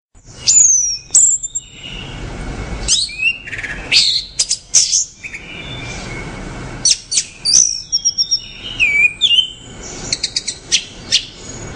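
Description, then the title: Orange-headed thrush pouring out varied whistles, trills and quick chirps in bursts, with a short quieter break midway. "Anis Merah"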